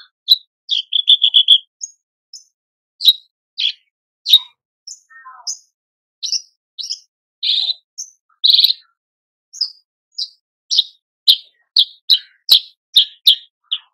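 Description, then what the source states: Horsfield's bush lark song opening with a quick stuttering series of repeated chirps, followed by evenly spaced sharp high notes and buzzes. Masteran for training cage birds; a very active, vigorous singer.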